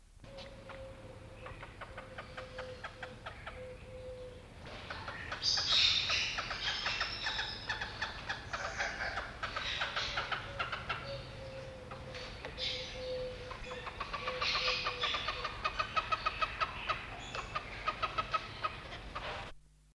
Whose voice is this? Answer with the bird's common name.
Southern Lapwing